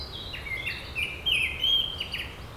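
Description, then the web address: Japanese thrush singing a continuous string of clear whistled notes, some falling and some warbled, with higher squeaky notes mixed in, against a constant low rumble. "bird song kurotugumi"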